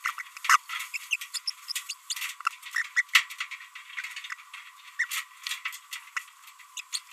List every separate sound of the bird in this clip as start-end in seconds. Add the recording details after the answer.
0.44-0.57, 0.94-0.97, 1.11-1.16, 1.21-1.24, 1.34-1.38, 1.48-1.50, 1.89-1.93, 2.10-2.32, 2.75-2.86, 2.96-3.02, 4.99-5.05, 6.77-6.80, 6.93-6.99. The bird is a female. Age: 28 days. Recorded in a nest box in Venezuela. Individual 17B42B2